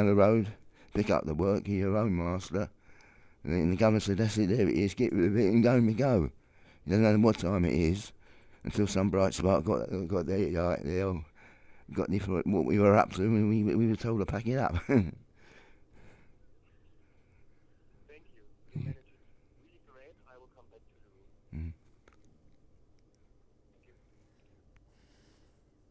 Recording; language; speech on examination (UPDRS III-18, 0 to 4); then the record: conversation on a phone call; English; 1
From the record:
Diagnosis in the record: Parkinson's disease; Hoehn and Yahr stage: 4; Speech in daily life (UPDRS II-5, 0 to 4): 1